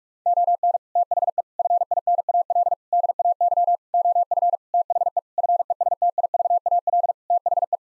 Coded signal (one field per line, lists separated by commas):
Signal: Morse code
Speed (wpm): 46 wpm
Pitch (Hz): 700 Hz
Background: none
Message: ON THE FINAL DAY OF THE FESTIVAL THE